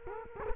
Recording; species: mosquito wingbeat signal from an infrared sensor; Culex quinquefasciatus